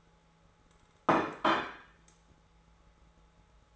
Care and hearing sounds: daily activity, microphone in the room; place plate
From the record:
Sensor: 3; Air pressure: 1015.0 hPa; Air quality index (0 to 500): 208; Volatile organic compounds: 33 ppm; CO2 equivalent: 3031 ppm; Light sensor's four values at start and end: 35/85/37/40 and 35/84/36/39

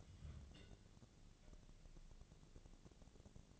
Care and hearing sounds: daily activity, microphone in the room; take from stove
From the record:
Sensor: 4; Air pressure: 1000.8 hPa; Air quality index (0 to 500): 126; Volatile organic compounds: 1 ppm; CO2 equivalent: 946 ppm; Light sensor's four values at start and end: 41/99/42/46 and 41/101/43/47

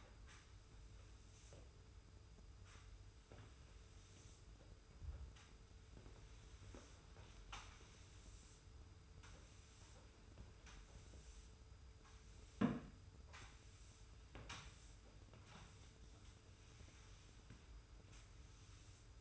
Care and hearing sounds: daily activity, microphone in the room; sweep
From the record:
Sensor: 2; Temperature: 25.1 degrees Celsius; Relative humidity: 42.2%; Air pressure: 991.2 hPa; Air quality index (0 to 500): 147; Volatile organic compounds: 362 ppm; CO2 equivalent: 4605 ppm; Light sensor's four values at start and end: 42/118/47/45 and 41/117/46/44

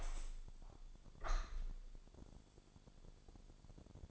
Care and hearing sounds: daily activity, microphone in the room; open window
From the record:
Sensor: 5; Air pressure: 1000.6 hPa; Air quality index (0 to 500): 152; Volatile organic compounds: 2 ppm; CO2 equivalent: 1166 ppm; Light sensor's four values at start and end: 39/92/38/41 and 39/92/38/41

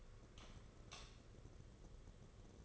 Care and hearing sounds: daily activity, microphone in the room; light off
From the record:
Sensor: 4

